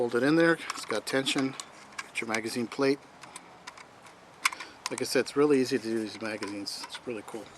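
Someone talks while reassembling a Kel-Tec PMR-30 (.22 WMR) 30-round pistol magazine being converted to 10 rounds: the capacity limiter block and spring are back inside, and the polymer base plate is being slid onto the magazine body against spring tension. A few sharp handling clicks and taps sound between about 3.2 and 4.6 seconds. The clip ends before the base plate snaps home, so nothing has seated yet.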